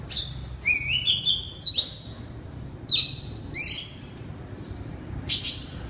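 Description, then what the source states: Oriental magpie-robin singing bright whistled phrases, some rising and others dropping sharply, separated by short silent gaps. Kacer, the Indonesian name, singing loudly in the style called ngeplong.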